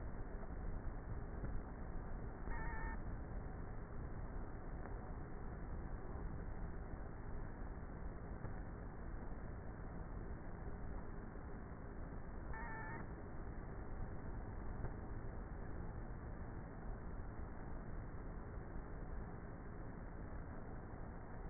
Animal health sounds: honeybee colony, microphone inside the hive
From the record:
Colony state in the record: queenless with a low population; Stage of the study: before two queens were removed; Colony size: about 30,000 bees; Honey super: no

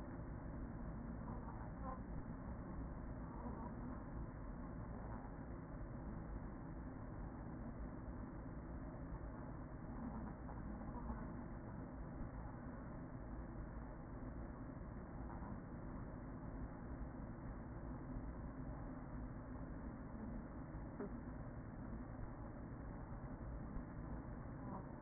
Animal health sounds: honeybee colony, microphone inside the hive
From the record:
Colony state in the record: queen present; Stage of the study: after two queens were removed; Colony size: about 40,000 bees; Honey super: no

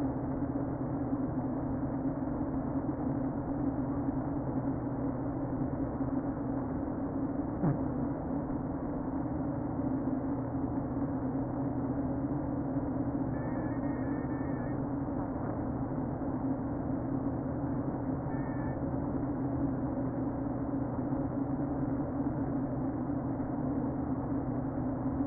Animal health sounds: honeybee colony, microphone inside the hive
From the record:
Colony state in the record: queen present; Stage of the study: before two queens were removed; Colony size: about 60,000 bees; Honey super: yes

